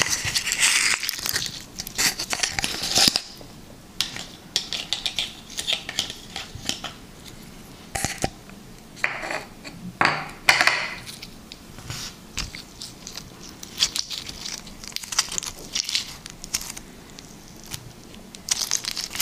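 Liquid slime being squished and pulled, with wet crackling pops and sticky bursts in irregular clusters, loudest near the start and around ten seconds.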